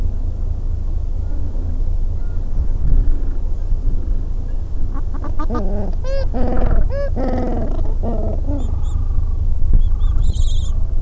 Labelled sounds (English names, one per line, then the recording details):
Gentoo Penguin
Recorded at the colony at Godthul, on 25 December 2014
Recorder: Song Meter SM2+